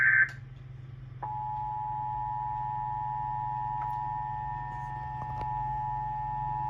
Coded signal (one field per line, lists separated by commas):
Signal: Emergency Alert System (SAME) tones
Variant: 853 and 960 Hz attention tone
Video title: Pennsylvania Required monthly test 3/20/25 EAS#14-#20 ￼